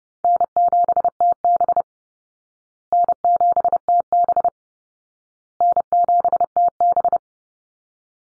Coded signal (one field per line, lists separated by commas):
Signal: Morse code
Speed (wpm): 30 wpm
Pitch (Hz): 700 Hz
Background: none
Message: N7TB N7TB N7TB